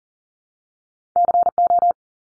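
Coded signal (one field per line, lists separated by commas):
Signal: Morse code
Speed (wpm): 40 wpm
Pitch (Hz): 700 Hz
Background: none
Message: CO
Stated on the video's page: Morse code head-copy drill of US state names at 40 wpm, each sent, spoken, then sent again.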